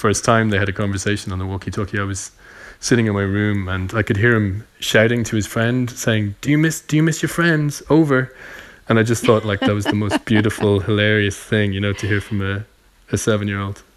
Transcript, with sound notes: The first time they had a conversation on the walkie-talkie, I was sitting in my room. And I could hear him shouting to his friend saying, do you miss your friends? Over. And I just thought, like...
(Laughter).
...That was the most beautiful, hilarious thing, you know, to hear from a 7-year-old.